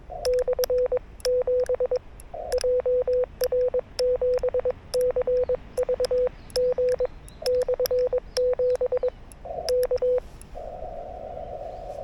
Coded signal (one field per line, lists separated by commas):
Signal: Morse code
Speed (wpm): 22 wpm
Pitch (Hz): 500 Hz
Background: none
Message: /7 JR7CVG/7 K